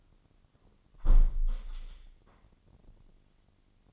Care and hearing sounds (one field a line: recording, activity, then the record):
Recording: daily activity, microphone in the room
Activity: close window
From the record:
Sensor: 4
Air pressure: 998.8 hPa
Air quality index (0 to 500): 113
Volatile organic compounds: 2 ppm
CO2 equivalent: 1111 ppm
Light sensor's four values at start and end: 10/24/9/10 and 10/24/9/10